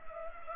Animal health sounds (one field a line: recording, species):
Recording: mosquito wingbeat signal from an infrared sensor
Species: Culex pipiens